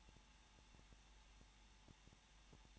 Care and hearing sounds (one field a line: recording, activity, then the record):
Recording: daily activity, microphone in the room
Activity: no activity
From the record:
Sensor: 1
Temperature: 20.1 degrees Celsius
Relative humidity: 39.3%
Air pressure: 1006.4 hPa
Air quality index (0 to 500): 218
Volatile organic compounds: 80 ppm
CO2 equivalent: 3606 ppm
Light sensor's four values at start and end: 1/2/1/1 and 1/2/1/1